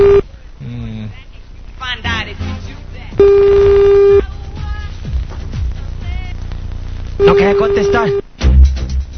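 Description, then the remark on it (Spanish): Two steady, mid-pitched telephone tones, each lasting about a second and spaced a few seconds apart, sound over and between ongoing talking, like a call that rings out without being answered. “Yo le dije que mi mamá se había ido con el jardinero, mi papá era gay y tampoco me contestó el teléfono.”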